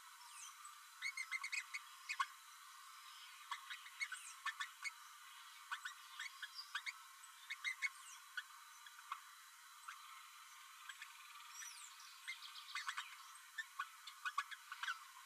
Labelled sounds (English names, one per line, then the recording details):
Green-rumped Parrotlet babbling
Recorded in a nest box in Venezuela
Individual 18B12A3